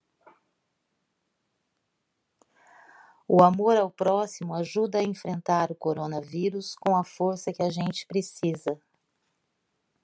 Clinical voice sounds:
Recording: spoken sentence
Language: Brazilian Portuguese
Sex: female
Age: 50 to 59 years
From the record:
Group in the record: control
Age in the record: 54 years

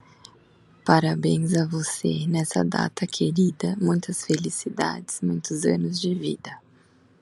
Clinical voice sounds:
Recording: short text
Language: Brazilian Portuguese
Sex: female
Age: 20 to 29 years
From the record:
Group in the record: control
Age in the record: 28 years

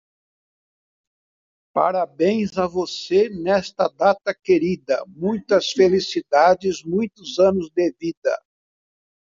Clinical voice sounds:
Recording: short text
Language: Brazilian Portuguese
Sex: male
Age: 70 to 79 years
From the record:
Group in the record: control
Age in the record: 73 years

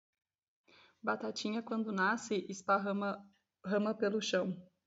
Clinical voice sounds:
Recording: short text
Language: Brazilian Portuguese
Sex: female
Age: 20 to 29 years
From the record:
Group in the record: control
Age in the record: 29 years

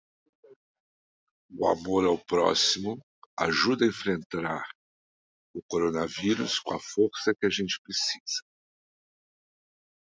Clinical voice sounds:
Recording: spoken sentence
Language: Brazilian Portuguese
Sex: male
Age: 50 to 59 years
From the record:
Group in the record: control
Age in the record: 54 years

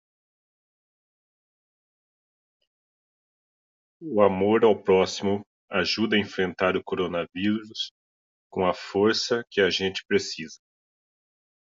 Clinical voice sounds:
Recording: spoken sentence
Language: Brazilian Portuguese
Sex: male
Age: 40 to 49 years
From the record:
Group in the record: control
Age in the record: 46 years

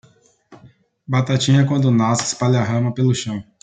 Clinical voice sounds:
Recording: short text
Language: Brazilian Portuguese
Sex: male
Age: 20 to 29 years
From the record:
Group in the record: control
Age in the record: 25 years

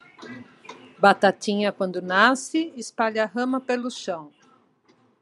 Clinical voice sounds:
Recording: short text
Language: Brazilian Portuguese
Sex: female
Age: 60 to 69 years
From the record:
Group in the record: control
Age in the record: 62 years

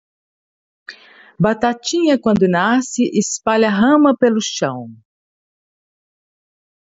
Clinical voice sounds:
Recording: short text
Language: Brazilian Portuguese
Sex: female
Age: 60 to 69 years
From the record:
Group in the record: control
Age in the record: 62 years

